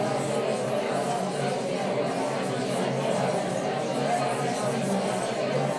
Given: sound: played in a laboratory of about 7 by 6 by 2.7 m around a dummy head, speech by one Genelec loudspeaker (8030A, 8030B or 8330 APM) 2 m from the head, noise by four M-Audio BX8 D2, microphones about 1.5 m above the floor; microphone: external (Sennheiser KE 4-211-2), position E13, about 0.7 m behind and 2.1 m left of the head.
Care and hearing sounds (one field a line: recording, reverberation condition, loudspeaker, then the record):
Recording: babble noise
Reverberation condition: medium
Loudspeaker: four, about 170 cm from the corners of the room and facing them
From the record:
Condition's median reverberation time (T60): about 510 ms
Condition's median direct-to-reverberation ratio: about -0.5 dB